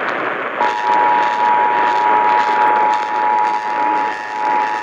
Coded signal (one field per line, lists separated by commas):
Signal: Emergency Alert System (SAME) tones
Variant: 853 and 960 Hz attention tone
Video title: (EAS #462 - #475) NORTH CENTRAL TEXAS CHOAS - EAS Alerts from 4/4/22 - 4/5/22